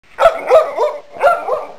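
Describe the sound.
Dog barking, a quick run of three tonal, slightly whiny barks, a short pause, then two more barks in close succession.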